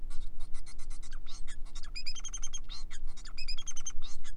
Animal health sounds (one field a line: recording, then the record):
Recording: song of a male Bengalese finch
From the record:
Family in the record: son of father 4